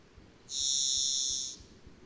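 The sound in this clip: Varied thrush giving a single high, buzzy, steady whistled note for about a second, quiet before and after.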